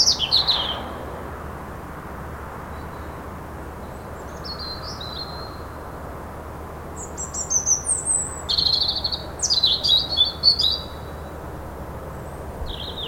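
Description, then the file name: European robin giving a few scattered high phrases, then a fuller burst of rapid, twittering phrases late on. "Erithacus rubecula"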